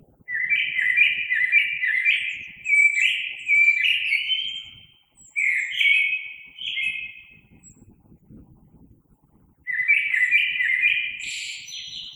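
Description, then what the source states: Common blackbird delivering three mellow warbling phrases, each trailing into high thin twitters, with brief pauses between. Recorded 3 March 2020.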